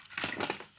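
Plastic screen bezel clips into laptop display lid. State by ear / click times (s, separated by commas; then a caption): not seated / none. The plastic screen bezel of an ASUS X501A Series laptop is handled and pressed onto the display lid, starting at the bottom edge, so its clips will snap in. Short crunchy, crackling plastic sounds are heard through the clip, loudest between about 0.2 and 0.5 seconds. Nothing has seated or clicked yet.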